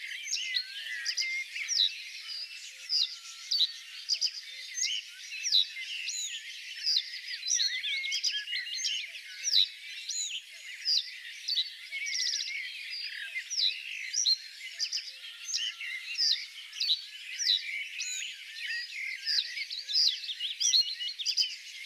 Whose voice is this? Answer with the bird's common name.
Reed Bunting